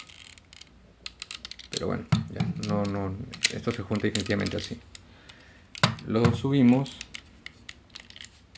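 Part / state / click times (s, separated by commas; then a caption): moving plastic section of a transforming robot figure locking into its body / not seated / none. A moving plastic section of an MP 36 transforming robot figure is handled and raised during its transformation, with short clicks and taps from the plastic parts while someone talks. The section has not yet locked into the body; nothing has seated or clicked yet.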